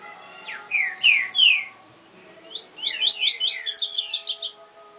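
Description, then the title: Double-collared seedeater song opening with slurred whistled notes, a brief pause, then a quick run of chips; constant low tonal hum behind. "Canto Coleiro"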